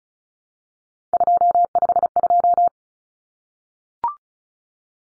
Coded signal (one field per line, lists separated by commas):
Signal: Morse code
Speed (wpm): 34 wpm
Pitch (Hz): 700 Hz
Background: none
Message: 252